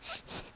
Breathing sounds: one breath in and out by a microphone near the nose and mouth; strong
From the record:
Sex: male

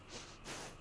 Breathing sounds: one breath in and out by a microphone near the nose and mouth; strong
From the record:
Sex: female

